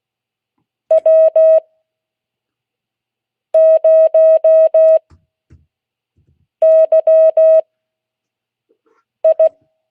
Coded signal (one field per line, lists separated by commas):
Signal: Morse code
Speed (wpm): 16 wpm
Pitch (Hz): 640 Hz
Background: none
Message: W0YI